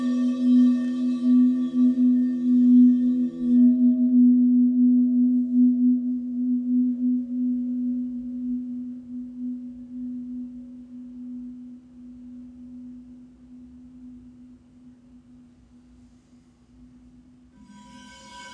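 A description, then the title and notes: A healing bowl rings with a steady low hum and bright overtones that fade away slowly, before a fresh strike sounds near the end. HEALING BOWLS FOR LAKE COUNTY.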